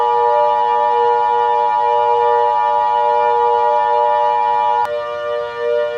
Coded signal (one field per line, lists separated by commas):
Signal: Emergency Alert System (SAME) tones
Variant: 853 and 960 Hz attention tone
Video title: EAS Scenario #11: Seismic Trouble